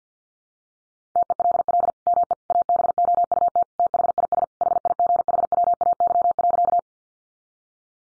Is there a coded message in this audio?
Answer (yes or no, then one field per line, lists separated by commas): yes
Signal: Morse code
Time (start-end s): 1.2-6.8 s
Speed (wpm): 50 wpm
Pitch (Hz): 700 Hz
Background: none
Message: TELL ME ABOUT THIS HIGHWAY.